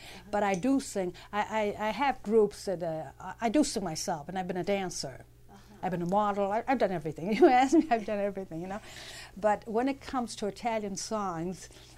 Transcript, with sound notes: But I do sing, I have groups, that I, I do sing myself, and I've been a dancer. I've been a model, I've done everything. You ask me, ( she laughs ) I've done everything, you know. But when it comes to Italian songs,